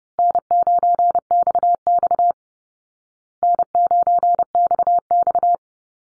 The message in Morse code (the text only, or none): N9XX N9XX